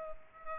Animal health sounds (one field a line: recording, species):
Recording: mosquito wingbeat signal from an infrared sensor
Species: Culex pipiens